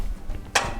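The release is pulled on the aluminum fold-out entry steps stowed in the door of a 2020 Keystone Hideout 245LHS travel trailer. After a low rumble and a faint tap near 0.4 s, a sharp, loud metallic hit comes at 0.6 s and rings down briefly. The steps are released and drop down.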